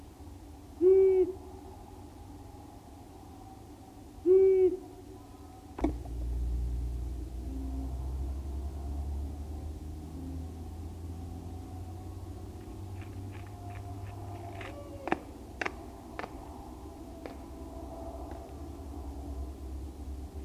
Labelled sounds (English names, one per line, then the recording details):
Long-eared Owl song
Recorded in the wild
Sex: male
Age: adult
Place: Rötlen, Baden-Württemberg, DE
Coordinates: 48.9664, 10.2194
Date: 1971-05-09
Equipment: Uher Report 4200, Scotch-Classic 19cm, AKG D190C in Doppelparabolreflektoren
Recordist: Krey, Winfried